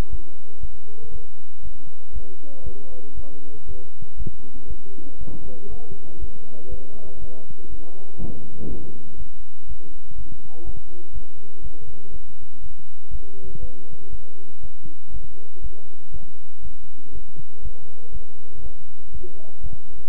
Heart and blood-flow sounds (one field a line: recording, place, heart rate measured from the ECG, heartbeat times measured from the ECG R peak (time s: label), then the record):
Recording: heart sounds by stethoscope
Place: between the tricuspid and mitral areas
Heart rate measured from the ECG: 120 bpm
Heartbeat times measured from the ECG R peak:
0.10 s: heartbeat
0.61 s: heartbeat
1.12 s: heartbeat
1.63 s: heartbeat
2.13 s: heartbeat
2.64 s: heartbeat
3.15 s: heartbeat
3.67 s: heartbeat
4.17 s: heartbeat
4.68 s: heartbeat
5.19 s: heartbeat
5.70 s: heartbeat
6.20 s: heartbeat
6.70 s: heartbeat
7.20 s: heartbeat
7.70 s: heartbeat
8.19 s: heartbeat
8.68 s: heartbeat
9.17 s: heartbeat
9.67 s: heartbeat
10.16 s: heartbeat
10.65 s: heartbeat
11.13 s: heartbeat
11.62 s: heartbeat
12.12 s: heartbeat
12.62 s: heartbeat
13.11 s: heartbeat
13.60 s: heartbeat
14.10 s: heartbeat
14.61 s: heartbeat
15.12 s: heartbeat
15.62 s: heartbeat
16.12 s: heartbeat
16.62 s: heartbeat
17.13 s: heartbeat
17.63 s: heartbeat
18.12 s: heartbeat
18.62 s: heartbeat
19.12 s: heartbeat
19.61 s: heartbeat
From the record:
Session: bicycle stress test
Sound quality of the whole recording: good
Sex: male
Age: 23 years